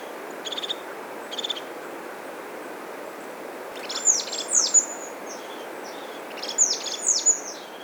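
Bird song: two short pulsed buzzes, then clusters of sharp, high, down-slurred whistles, over a steady background hiss.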